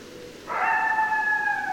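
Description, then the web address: Coyote howl: a single steady, clear harmonic note that starts abruptly and holds for over a second. More than one coyote, recorded 10 December 2012. "Coyote 2012 12 10 Coyotes 03"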